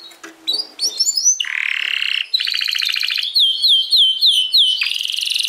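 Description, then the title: Domestic canary song with varied phrases: short chirps, a rough buzzy note, a rapid trill, then a series of repeated slurred dipping whistles. Portuguese canary breed. "Kenari Portugis"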